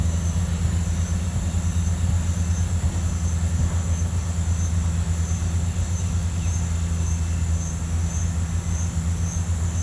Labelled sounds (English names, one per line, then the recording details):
none
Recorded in pastures near Puerto Asís, Putumayo, Colombia, on 18 December 2024 at 09:00
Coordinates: 0.466, -76.322
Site G040